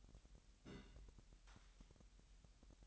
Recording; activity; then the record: daily activity, microphone in the room; place on stove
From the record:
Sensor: 3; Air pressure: 1002.0 hPa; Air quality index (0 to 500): 248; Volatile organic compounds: 50 ppm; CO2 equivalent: 3300 ppm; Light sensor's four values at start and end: 6/15/6/6 and 6/15/6/6